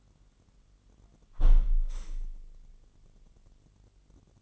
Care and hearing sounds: daily activity, microphone in the room; close window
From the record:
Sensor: 4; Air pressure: 999.4 hPa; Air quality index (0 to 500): 138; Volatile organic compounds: 3 ppm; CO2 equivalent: 1364 ppm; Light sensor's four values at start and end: 21/52/21/24 and 21/52/21/24

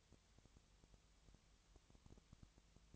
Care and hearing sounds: daily activity, microphone in the room; no activity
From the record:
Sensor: 3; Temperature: 20.6 degrees Celsius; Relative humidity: 34.7%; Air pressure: 1007.2 hPa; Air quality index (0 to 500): 137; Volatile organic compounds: 3 ppm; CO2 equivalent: 1529 ppm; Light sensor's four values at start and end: 2/3/2/2 and 2/3/2/2

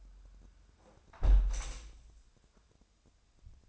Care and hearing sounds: daily activity, microphone in the room; close window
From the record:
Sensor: 2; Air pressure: 1000.3 hPa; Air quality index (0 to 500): 163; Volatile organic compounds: 3 ppm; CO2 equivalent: 1352 ppm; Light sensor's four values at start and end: 12/32/12/14 and 11/31/12/13

